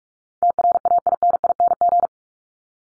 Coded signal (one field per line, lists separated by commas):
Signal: Morse code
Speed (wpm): 44 wpm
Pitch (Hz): 700 Hz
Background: none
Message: TRAINING